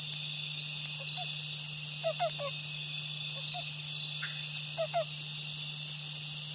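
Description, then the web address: Osteocephalus frog calls: short paired low clucking notes in scattered bursts, over a loud, steady high insect chorus and a constant low hum. Unidentified Osteocephalus species (sp. 3), Ecuadorian Amazon, Ecuador. "Natures Songs S America Frogs of Ecuadorian Amazon Osteocephalus sp 3"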